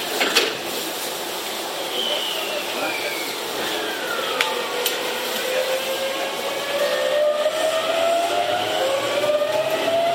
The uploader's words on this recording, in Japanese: 東急7700系 蒲田→五反田。東急7700系（7001F）蒲田→五反田。